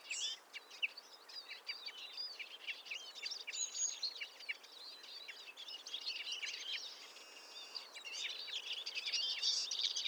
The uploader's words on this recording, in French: Matinée - Montagne du Puy - 1500m - Drôme - Nagra seven - Telinga pro7 stereo. Une forêt mixte de conifères et de chênes où se retrouve un nombre d'oiseaux étonnant pour la saison.